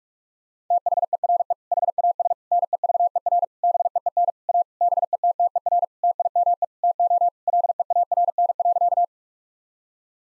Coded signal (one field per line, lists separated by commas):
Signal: Morse code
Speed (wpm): 46 wpm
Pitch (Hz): 700 Hz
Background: none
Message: THERE HAS NEVER BEEN A BETTER TIME TO LEARN.